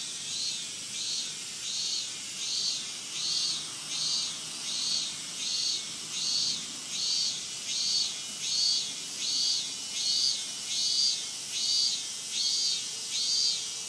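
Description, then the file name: Minmin cicada song: steady rhythmic pulsing over a continuous high buzz, each pulse a short tonal throb repeated a little faster than once per second. "Hyalessa maculaticollis"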